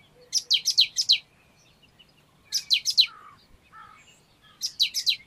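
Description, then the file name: Great tit giving three clusters of several quick, high, downslurred notes, with a couple of softer, lower chirps in a gap. "Parus major"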